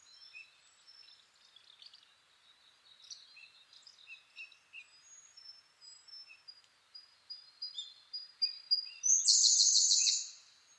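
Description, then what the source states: Siberian blue robin song: soft high twittering and thin notes building up, ending in a loud, rapid, buzzy rattle near the end. Recorded 2 June 2010 at 08:36.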